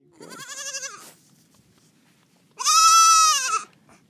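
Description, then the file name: Young goat bleating twice, a quavering nasal cry followed after a pause by a louder, longer bleat. Baby goat encountered in the Great Thar Desert, India. "Samuel Corwin. Encountering a Baby Goat Great Thar Desert"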